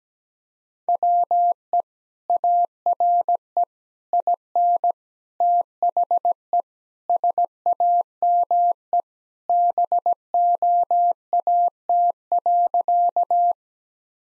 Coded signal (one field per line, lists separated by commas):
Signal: Morse code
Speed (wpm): 17 wpm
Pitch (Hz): 700 Hz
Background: none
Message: WE ARE IN THE SAME BOAT.